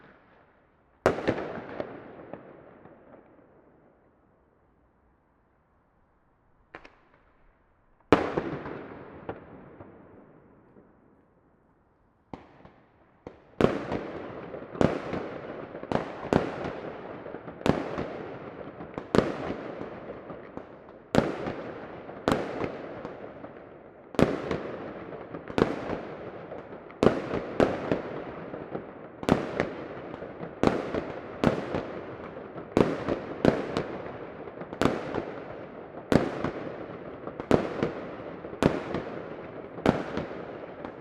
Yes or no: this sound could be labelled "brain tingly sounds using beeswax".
no